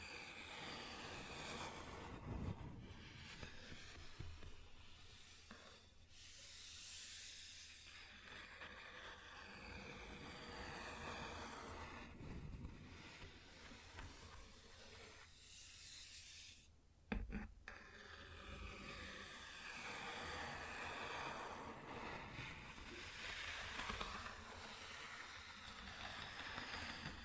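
Scratching across a wooden surface fills the clip with rough, hissy rasping that swells and fades in long strokes. A low steady hum sits underneath throughout, and a single sharp tap cuts through around seventeen seconds before the scraping resumes.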